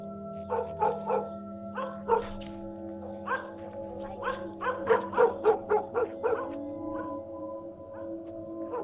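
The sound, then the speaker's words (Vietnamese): Several dogs bark in the lane in irregular bursts, then a rapid run of sharp yaps, over a steady low droning hum. “Chó ở trong con ngõ lúc này thi nhau chõ ra mà sủa.”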